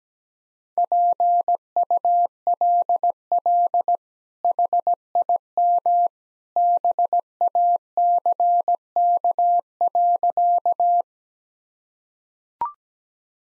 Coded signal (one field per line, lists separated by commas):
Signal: Morse code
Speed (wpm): 17 wpm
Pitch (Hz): 700 Hz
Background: none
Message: PULL HIM BACK.